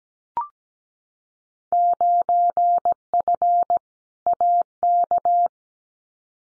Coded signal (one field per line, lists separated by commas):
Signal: Morse code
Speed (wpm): 17 wpm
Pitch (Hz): 700 Hz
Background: none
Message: 9F AK